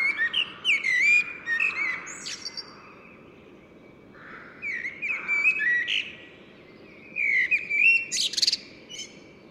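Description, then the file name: Common blackbird singing three warbled phrases separated by short pauses, each mixing fluty notes with bright, scratchy high twitters, over a steady low hiss. "Turdus merula"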